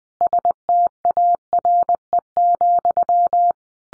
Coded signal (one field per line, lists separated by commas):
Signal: Morse code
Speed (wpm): 20 wpm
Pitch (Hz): 700 Hz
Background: none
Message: STARE,